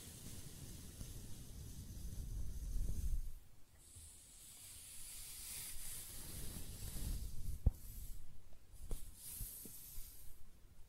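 Hair being rubbed and stroked, with a soft, airy hiss that swells and fades in slow waves. Low rumbling rustle dominates the first three seconds, then brighter scratchy brushing takes over, with a few sharp little clicks near eight and nine seconds.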